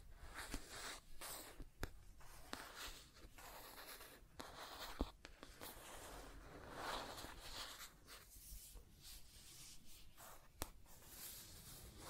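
Scratching and tracing sounds: a dry, rubbing scrape moves back and forth in uneven strokes, some short and some drawn out, with brief pauses between them. Sharp little clicks and taps cut in every second or two, and a soft low rumble sits underneath throughout.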